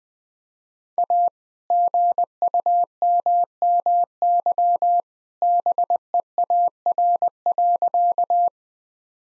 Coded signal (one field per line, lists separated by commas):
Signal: Morse code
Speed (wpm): 20 wpm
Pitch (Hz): 700 Hz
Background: none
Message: A GUMMY BEAR.